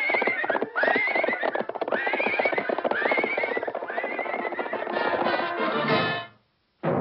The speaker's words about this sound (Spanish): Al atardecer, mientras el sol poniente perezoso se esfuma tras las distantes colinas, con renuencia retornamos camino del hogar. Todo jinete ducho siempre lleva a su caballo paso a paso hacia el establo.